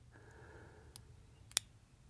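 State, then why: Seated. A revolver is slowly cocked with a thumb resting on the cylinder to add drag, and faint small clicks at about 1.0 and 1.5 seconds lead up to a sharp, loud click at 1.6 seconds. That click is the cylinder stop snapping into the cylinder notch, so the cylinder locks up the way it should.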